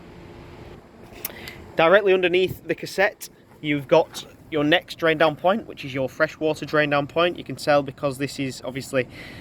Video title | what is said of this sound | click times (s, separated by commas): Autotrail Tribute T620-Emm Bee motorhomes | and push that until you hear that click that blue tab that will then rest in place | 1.2 s